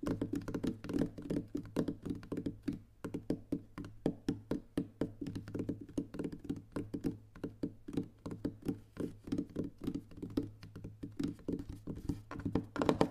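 Soft finger tapping on different objects, a rapid stream of light taps at an irregular, quick pace throughout. The taps have a dull, woody low-mid thump with brief clicky tops, some slightly louder strikes scattered in, over a faint steady low hum.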